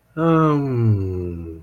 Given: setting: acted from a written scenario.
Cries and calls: vocal sound without words; serenity

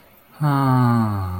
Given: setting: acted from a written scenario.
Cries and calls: vocal sound without words; serenity

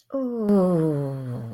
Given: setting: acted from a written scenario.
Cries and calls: vocal sound without words; contentment

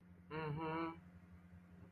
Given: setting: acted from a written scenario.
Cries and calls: vocal sound without words; sympathy

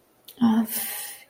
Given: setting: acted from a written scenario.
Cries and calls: vocal sound without words; guilt

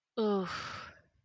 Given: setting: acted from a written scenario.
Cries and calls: vocal sound without words; embarrassment

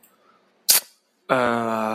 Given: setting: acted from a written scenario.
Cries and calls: vocal sound without words; confusion

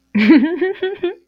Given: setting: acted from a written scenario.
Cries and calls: vocal sound without words; amusement

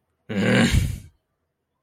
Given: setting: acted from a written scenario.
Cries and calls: vocal sound without words; anger

